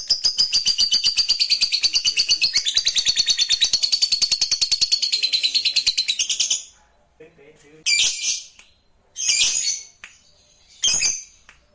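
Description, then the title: Lovebird song: a dense, rapid, shrill chatter for about six seconds, then three separate short bursts of harsh twittering. "Suara Lovebird Ini"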